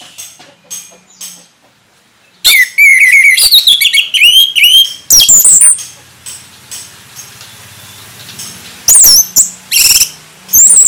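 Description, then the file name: Orange-headed thrush song: long varied warble of looping whistled notes and rapid trills, followed by scattered high bursts and sharp notes. Orange-headed thrush singing in gacor ngeplong style. "anis merah gacor ngeplong"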